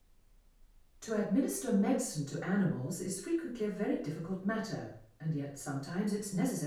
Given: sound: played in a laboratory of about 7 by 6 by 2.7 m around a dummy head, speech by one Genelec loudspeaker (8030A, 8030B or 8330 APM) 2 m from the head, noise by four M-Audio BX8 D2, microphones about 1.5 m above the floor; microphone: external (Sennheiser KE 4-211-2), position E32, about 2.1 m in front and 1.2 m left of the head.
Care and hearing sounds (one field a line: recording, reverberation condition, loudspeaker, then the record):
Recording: female speech in English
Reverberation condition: medium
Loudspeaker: behind (180 degrees)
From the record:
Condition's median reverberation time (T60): about 510 ms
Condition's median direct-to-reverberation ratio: about -0.5 dB